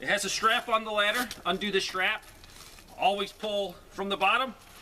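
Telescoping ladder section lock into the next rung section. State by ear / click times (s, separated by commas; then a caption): not seated / none. Someone talks over a Vevor telescoping aluminum ladder as its strap is undone and a section is pulled out from the bottom to lock into the next rung section. Faint handling noise sits under the voice in the pauses. Nothing has seated or clicked yet.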